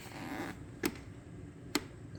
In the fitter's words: There's the click. Okay.